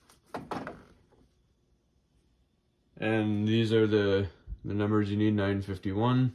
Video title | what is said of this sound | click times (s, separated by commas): HP Officejet Pro 8610: Ink Cartridge Replacement | push until they click in | 0.5 s